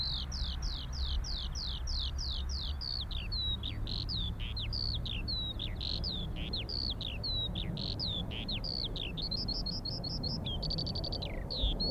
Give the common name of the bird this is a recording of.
Eurasian Skylark